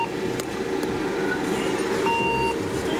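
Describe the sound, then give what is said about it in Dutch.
A small community minibus with seven or eight seats idles at a bus stop on the Vrouwtjesweg at 6:30 in the morning, with a steady low engine rumble, two sharp clicks early on, and a short high electronic beep tone partway through. “En hier moet dus de bushalte zijn van de buurtbus van Daphne.”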